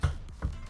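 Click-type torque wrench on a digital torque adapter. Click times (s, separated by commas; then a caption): 0.0 s. A click-type torque wrench set to 10 N·m is pulled through a digital torque adapter until it trips with a sharp click at 0.0 s, followed by faint taps around 0.3 s and a second knock at 0.4 s. The wrench trips at its 10 N·m setting while the adapter reads about 9.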